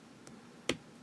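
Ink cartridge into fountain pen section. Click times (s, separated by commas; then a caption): 0.7 s. An ink cartridge is pushed onto the nib section of a calligraphy fountain pen, giving a faint tick at 0.3 s and then one sharp, bright click at 0.7 s over a quiet background. The cartridge is seated securely in the pen.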